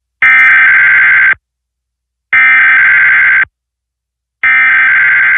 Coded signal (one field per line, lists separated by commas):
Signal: Emergency Alert System (SAME) tones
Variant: header bursts